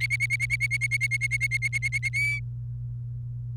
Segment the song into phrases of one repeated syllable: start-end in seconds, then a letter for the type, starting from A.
0.00-2.09 A, 2.13-2.39 B